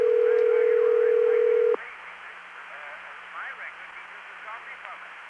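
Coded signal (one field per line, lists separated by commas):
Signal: telephone call progress tone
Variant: North America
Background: speech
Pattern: ringback tone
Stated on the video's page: Long-distance direct dialing demo recordings from 1971–1975 and SP1 tandem switching from 1976.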